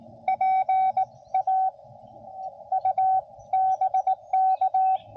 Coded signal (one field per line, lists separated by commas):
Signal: Morse code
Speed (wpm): 19 wpm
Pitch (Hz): 760 Hz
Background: none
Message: PA U BK